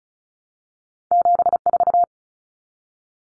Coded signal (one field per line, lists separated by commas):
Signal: Morse code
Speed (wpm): 34 wpm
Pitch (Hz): 700 Hz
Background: none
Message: 74